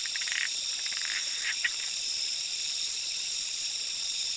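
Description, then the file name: Zoque treefrog calls: a few short, buzzy pulsed notes in quick bursts near the start, set against a loud, continuous high-pitched insect chorus. "Quilticohyla zoque"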